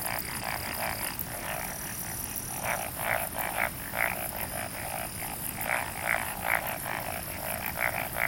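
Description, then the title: Frogs in a chorus of rapid croaking calls, loud pulses repeating in short runs over a dense background of overlapping callers and a steady high hiss. "Summer Japan, Hokkaido. Night Paddy's frogs. 夜の水田のカエル"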